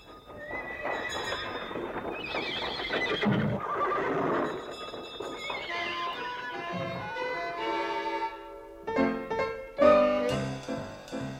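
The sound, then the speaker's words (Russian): Horses neigh with loud, shrill whinnies over a steady clip-clop of hoofbeats, as the horse-drawn mail coach of the former Pickwick Club moves along. No voices are heard. “Сэм, подать почтовый дилижанс бывшего пиквикского клуба.”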